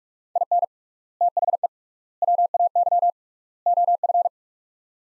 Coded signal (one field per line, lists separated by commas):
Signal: Morse code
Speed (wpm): 41 wpm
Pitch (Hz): 700 Hz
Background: none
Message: IN THE WAY OF